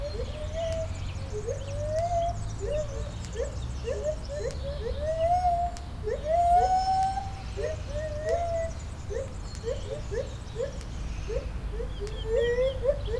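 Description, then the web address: White-handed gibbon hoots, rising notes in rapid series with several long upward glides between them, over a constant low rumble. Captive gibbon at a zoo in Debrecen, Hungary, 2012; cars and an electric fence audible in the background; recorded with a Marantz recorder. "debrecenizoo 2012 feherkezugibbon autoesvillanypasztoris marantzpuska"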